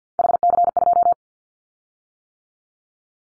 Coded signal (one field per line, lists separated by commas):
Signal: Morse code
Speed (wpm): 48 wpm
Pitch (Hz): 700 Hz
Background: none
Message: HC2